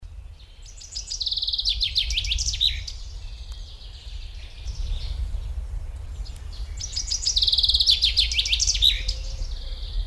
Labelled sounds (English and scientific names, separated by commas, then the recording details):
Common Chaffinch (Fringilla coelebs) song
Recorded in the wild
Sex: male
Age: adult
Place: Schloßpark Babelsberg, Brandenburg, DE
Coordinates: 52.4053, 13.0928
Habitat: oak tree
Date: 1996-06-07 16:19
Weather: sunny, 30-32°C
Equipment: Sony MD-WM MZ-R3, Sennheiser MKH 416 T, Kopie Uher 4000 Report Monitor
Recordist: Tembrock, Günter